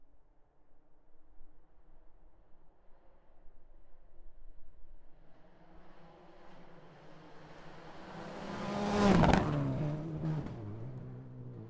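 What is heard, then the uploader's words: A car approaches during tire testing, its engine rising from a low hum to a loud, bright roar as it passes around nine seconds. Tire noise peaks at the pass, then the sound drops in pitch and fades as it moves away. Brandon Semenuk testing tires in Travis Pastrana's Subaru just out side of Shelton, WA. Testing my new field recording setup with a boom pole and ORTF setup I made the night before. Trying out different polar patterns, angles and placements. Sound Designs 744t recorder set at 48/24 DIY shock mounts and boom pole.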